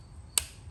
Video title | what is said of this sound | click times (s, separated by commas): 2.0t cam tray cover Audi VW Cylinder Head install Bolts torque specs tsi tfsi b8 b8.5 ae888 replace | there's the click | 0.4 s